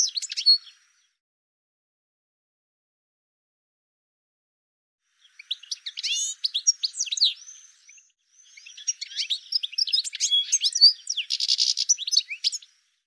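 Bird calls: a brief high chirp at the start, then after a silence a busy run of high, rapid, scratchy chirps and twitters that continues almost to the end.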